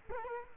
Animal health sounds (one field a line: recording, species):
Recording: mosquito wingbeat signal from an infrared sensor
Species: Culex quinquefasciatus